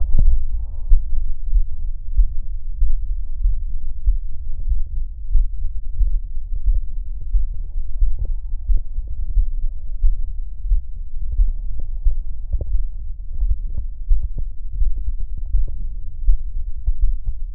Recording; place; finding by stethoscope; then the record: heart sounds by stethoscope; pulmonary valve (PV); normal heart sounds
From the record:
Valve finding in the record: normal valve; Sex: male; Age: 39 years